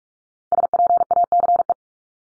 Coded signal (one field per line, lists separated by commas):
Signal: Morse code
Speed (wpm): 44 wpm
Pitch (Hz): 700 Hz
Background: none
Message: SPACE